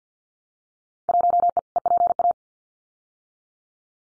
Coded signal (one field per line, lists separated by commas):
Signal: Morse code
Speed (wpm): 50 wpm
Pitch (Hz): 700 Hz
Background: none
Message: 1E EPA